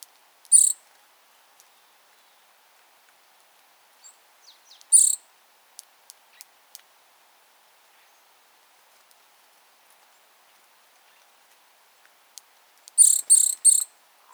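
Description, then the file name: Eurasian nuthatch calls: short, sharp, high-pitched notes, single at first, then a quick burst of three near the end, with quiet gaps between. "Sitta europaea"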